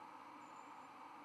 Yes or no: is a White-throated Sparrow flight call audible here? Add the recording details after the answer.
no. No flight call is heard. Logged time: 00:42 on 24 November 2014